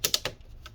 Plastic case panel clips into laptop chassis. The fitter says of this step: Okay, then we got to click all of this back in.